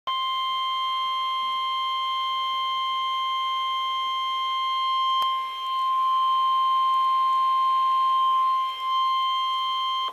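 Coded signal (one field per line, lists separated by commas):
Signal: Emergency Alert System (SAME) tones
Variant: 1050 Hz attention tone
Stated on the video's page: Winter storm warning on a NOAA Weather Radio station on 162.400 MHz.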